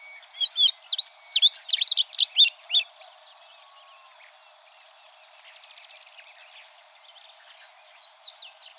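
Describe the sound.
Tropeiro seedeater song, about three seconds of sharp sweeping notes, then quiet with a faint buzzy trill and more notes at the end.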